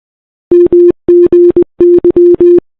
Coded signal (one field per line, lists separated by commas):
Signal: Morse code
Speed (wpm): 23 wpm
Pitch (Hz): 410 Hz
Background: none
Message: MGY